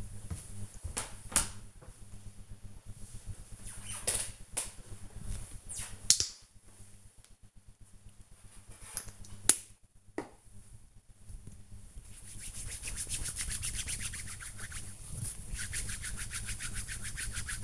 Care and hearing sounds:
household activities, microphone on the right wrist
4.75-17.64 s: disinfecting hands

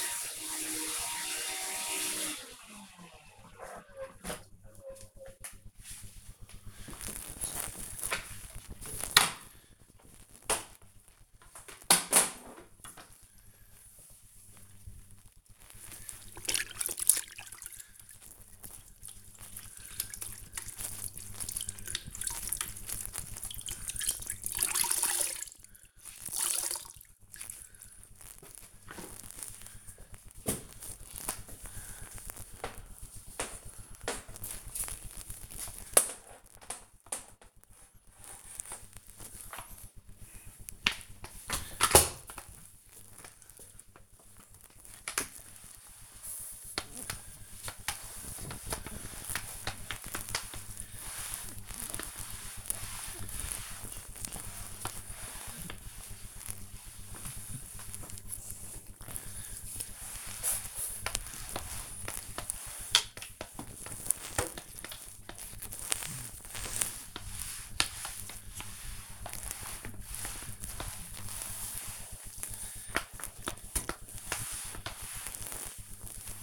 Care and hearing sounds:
household activities, microphone on the right wrist
0.00-2.38 s: vacuum cleaning
7.42-76.43 s: floor cleaning

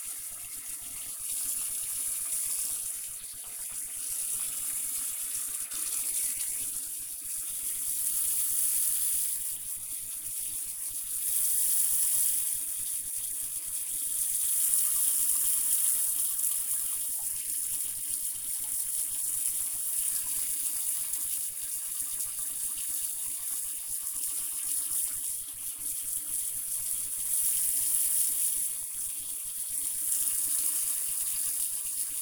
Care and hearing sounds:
household activities, microphone on the right wrist
0.00-32.22 s: brushing teeth

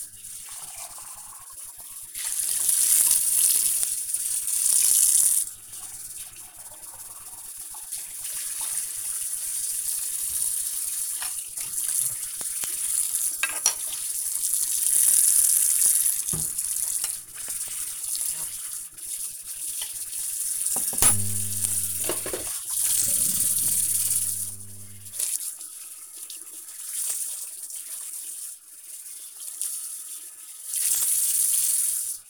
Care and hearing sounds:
household activities, microphone on the right wrist
0.00-32.29 s: washing dishes

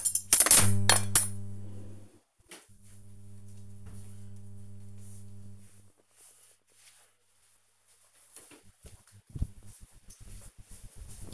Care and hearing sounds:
household activities, microphone on the right wrist
0.00-2.59 s: putting away the dishes

